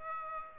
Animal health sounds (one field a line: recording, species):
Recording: mosquito wingbeat signal from an infrared sensor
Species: Aedes aegypti